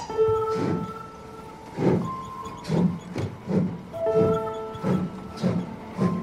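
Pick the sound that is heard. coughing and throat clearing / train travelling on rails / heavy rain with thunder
train travelling on rails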